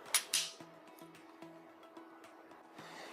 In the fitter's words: and pushing until it clicks into place.